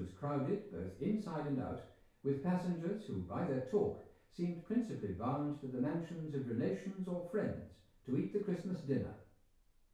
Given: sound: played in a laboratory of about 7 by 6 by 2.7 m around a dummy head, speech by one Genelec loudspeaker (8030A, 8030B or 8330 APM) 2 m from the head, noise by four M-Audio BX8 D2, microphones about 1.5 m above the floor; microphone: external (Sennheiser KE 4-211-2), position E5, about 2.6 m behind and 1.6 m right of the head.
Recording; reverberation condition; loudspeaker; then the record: male speech in English; medium; 120 degrees to the right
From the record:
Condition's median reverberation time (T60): about 510 ms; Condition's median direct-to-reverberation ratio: about -0.5 dB